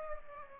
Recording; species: mosquito wingbeat signal from an infrared sensor; Aedes aegypti